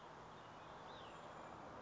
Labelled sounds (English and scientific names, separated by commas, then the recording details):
Cassin's Vireo (Vireo cassinii)
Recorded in Sonoma County, California